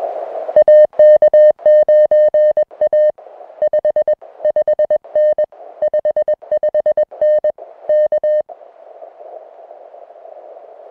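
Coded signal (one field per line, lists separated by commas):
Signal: Morse code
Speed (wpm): 20 wpm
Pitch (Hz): 610 Hz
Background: music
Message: AK9A 55N 55N K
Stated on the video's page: Unedited CW contacts from a summit activation of two Idaho summits, usable as CW practice.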